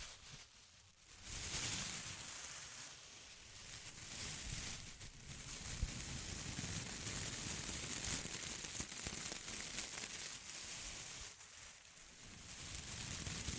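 Intense close-up crinkling, a dense, rough crackle that runs almost without pause, briefly easing near two seconds and again around eleven.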